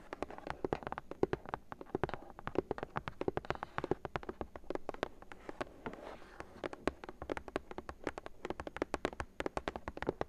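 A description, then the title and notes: Quick, uneven taps on cardboard, sharp and dry, come in dense clusters, easing briefly near six seconds before resuming at a steady pace. ASMR Cardboard Taps! (No Talking).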